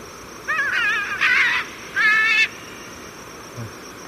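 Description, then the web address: Military macaw giving three loud, harsh, raucous squawks in quick succession, each rough and wavering, then quiet with a steady faint high hiss. Recorded in Ecuador. "Birds of Ecuador. Military Macaw"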